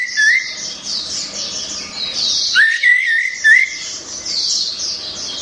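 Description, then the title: Orange-headed thrush mixing mid-pitched wavering whistles with a steady background of high, scratchy warbling notes throughout. "Anis Merah1"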